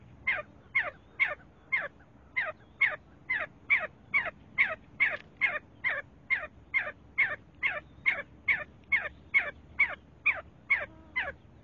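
See-see partridge giving a long, even run of short, down-slurred calls, roughly two per second, clear against quiet surroundings.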